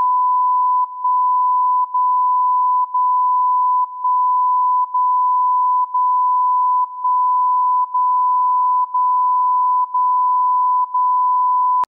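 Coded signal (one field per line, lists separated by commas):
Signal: radio time signal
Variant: DCF77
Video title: DCF77 Time Signal, Mainflingen Germany - 77,5 kHz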